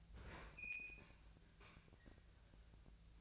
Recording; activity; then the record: daily activity, microphone in the room; open fridge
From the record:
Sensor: 2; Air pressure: 1009.6 hPa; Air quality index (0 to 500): 181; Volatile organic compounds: 10 ppm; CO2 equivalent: 2254 ppm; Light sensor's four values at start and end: 27/65/28/31 and 27/65/28/31